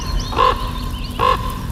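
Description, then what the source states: Common Raven giving two short, hoarse croaks about a second apart over a steady background hum. Played on radio as a candidate in a Bird of the Year vote; described as clever, sounding a bit rusty, the joker among birds.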